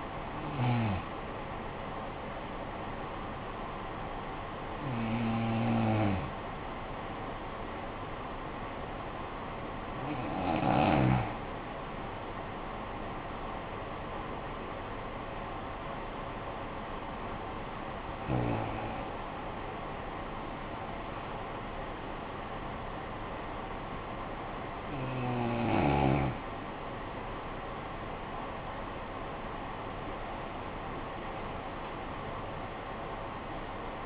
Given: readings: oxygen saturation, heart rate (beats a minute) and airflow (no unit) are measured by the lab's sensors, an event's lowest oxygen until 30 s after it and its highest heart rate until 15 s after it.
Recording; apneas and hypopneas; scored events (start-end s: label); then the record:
breathing in sleep by a voice recorder at the bedside; 1
8.00-19.40 s: hypopnea (N1, oxygen 95% highest, then 91% lowest, heart rate 52 at the start, 62 highest)
From the record:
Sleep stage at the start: N1 (lightest sleep); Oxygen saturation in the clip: 91 to 95%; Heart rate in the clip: 49 to 62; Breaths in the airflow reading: 7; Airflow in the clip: -12.0 to 10.5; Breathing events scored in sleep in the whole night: 445 in 7.6 hours asleep